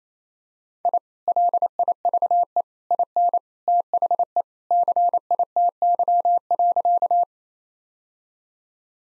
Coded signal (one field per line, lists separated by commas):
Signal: Morse code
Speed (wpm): 28 wpm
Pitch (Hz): 700 Hz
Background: none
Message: I LIVE IN THE CITY.